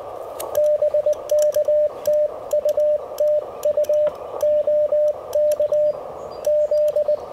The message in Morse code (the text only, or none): BK TU TU OK Z